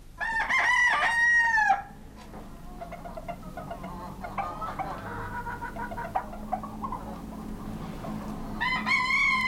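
Roosters crow at dawn on the Greek island of Chios, one loud, long, harmonic cock-a-doodle-doo opening the scene and another starting at the end, with softer clucking and chirping in between.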